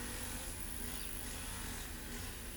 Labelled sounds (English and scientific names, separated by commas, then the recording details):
none
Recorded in pastures near Pivijay, Magdalena, Colombia, on 2 June 2023 at 10:00
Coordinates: 10.456, -74.369
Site P6-G026